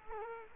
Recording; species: mosquito wingbeat signal from an infrared sensor; Culex quinquefasciatus